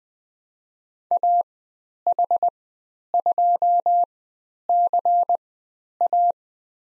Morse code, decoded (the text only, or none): AH2CA